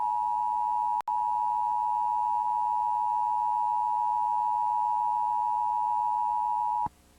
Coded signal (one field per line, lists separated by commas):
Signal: Emergency Alert System (SAME) tones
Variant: 853 and 960 Hz attention tone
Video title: 10/25/1995 EAS Alert - Domestic Explosion Incident